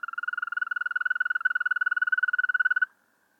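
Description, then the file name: European green toad trilling: a steady, high, pulsed trill held on one pitch for about three seconds, then stopping abruptly. "Wechselkröte"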